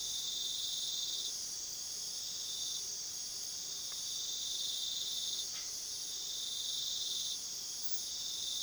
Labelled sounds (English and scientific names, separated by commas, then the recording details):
none
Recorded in pastures near Puerto Asís, Putumayo, Colombia, on 20 February 2024 at 00:00
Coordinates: 0.497, -76.327
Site G7276